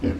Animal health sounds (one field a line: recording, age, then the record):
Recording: pig call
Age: growing-finishing pig (85 days or more)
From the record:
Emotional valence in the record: negative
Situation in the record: barren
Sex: male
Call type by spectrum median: low-frequency call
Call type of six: low-frequency stable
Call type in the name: low-frequency stable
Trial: 3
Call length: 0.20 s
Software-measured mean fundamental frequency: 42 Hz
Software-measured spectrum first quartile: 145 Hz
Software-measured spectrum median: 262 Hz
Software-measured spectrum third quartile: 409 Hz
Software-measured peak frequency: 270 Hz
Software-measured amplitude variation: 156 dB a second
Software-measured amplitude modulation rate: 17.2 a second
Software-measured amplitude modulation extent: 9.1 dB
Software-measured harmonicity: 0.0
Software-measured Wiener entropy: -0.54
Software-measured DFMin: 822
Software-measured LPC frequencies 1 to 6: 365, 1564, 2221, 2878, 4386, 4915 Hz